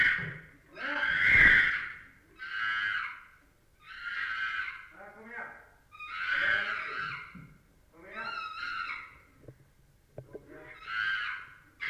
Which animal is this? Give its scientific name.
Pan troglodytes